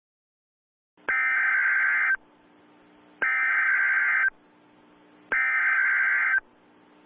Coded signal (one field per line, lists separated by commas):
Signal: Emergency Alert System (SAME) tones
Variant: header bursts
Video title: EAS Scenario The Innocent REMAKE Part 2